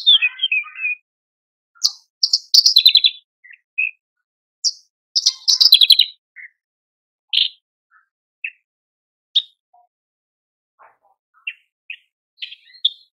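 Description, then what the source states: Horsfield's bush lark delivering loud buzzy trills and scattered sharp notes, growing sparser and quieter toward the end. Masteran (cage-bird training) recording of Horsfield's bush lark song, described as very active (super gacor) and effective.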